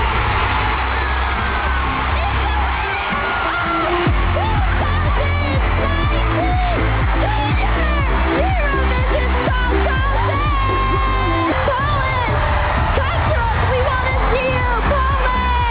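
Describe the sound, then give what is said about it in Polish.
A dense crowd roars in celebration after the results are announced at the Junior Eurovision Song Contest final in Gliwice, won by a Polish singer, with overlapping shouts, yells and high whoops rising above a steady wall of cheering that stays loud throughout. “Po ogłoszeniu wyników wybuchł prawdziwy szał radości.”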